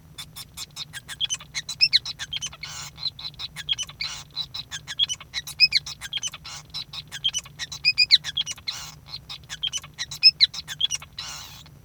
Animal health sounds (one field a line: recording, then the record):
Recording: song of a male Bengalese finch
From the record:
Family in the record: son of father 5